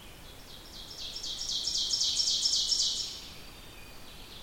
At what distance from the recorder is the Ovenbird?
about 20 m